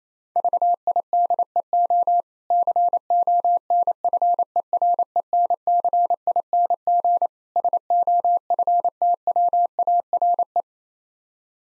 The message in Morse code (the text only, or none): VIDEO CONFERENCING SOFTWARE